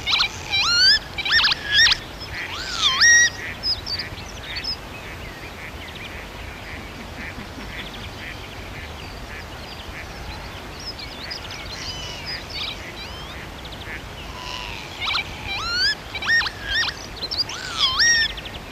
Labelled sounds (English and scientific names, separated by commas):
Northern Lapwing (Vanellus vanellus) call